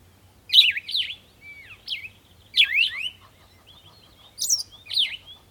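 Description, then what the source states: Bird song, short bursts of sharp, slurred, squeaky notes repeated about every two seconds, with brief quiet pauses between phrases. Birds singing in the morning.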